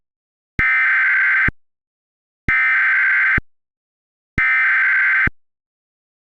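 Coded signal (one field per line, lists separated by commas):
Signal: Emergency Alert System (SAME) tones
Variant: header bursts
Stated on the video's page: Simulated EAS scenario.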